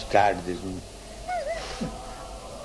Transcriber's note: laughs